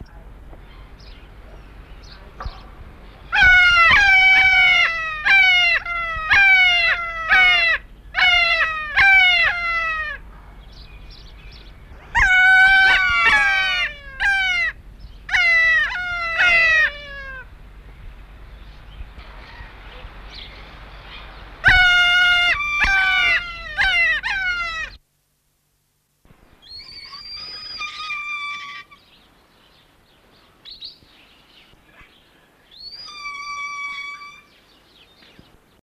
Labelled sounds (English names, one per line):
Kea call